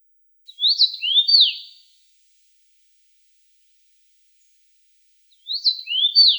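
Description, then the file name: Common rosefinch whistling a brief phrase of a few sliding notes, repeated once after a pause of several seconds. "CHechevica"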